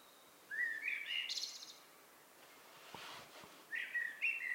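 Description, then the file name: Blackbird song: one mellow warbled phrase with a high scratchy ending, a soft brief rustle, then the next fluty phrase begins. "Turdus merula"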